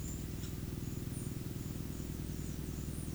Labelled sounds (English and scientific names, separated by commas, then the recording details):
none
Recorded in pastures near Puerto Asís, Putumayo, Colombia, on 19 March 2025 at 10:30
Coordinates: 0.505, -76.324
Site GP08